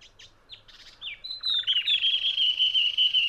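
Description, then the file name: Spiny babbler song: a few short chirps, then a sustained, warbling whistled phrase that wavers at a steady pitch to the end. "spiny babler omkicau"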